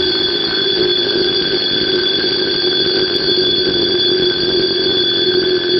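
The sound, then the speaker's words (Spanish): A loud alarm clock rings continuously without pause, waking sleepers: a steady, shrill electronic tone with a buzzing edge that holds the same pitch throughout. No voices are heard. “un sonoro despertador le salvó la vida, despertándola a ella y a su fallido protector Glenn”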